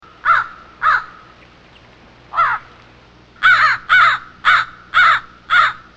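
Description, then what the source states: American crow caws: eight harsh, nasal caws. Two come early, one stands alone, then five follow in a steady series about half a second apart. Nocturnal flight call.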